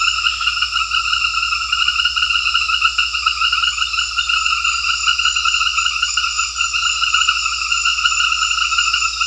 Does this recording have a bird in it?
no